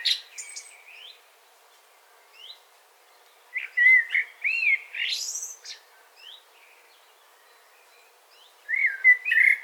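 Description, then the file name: Eurasian blackbird singing mellow, fluty, slurred whistles that rise and fall, with thin high squeaks, in phrases separated by pauses. "Turdus merula"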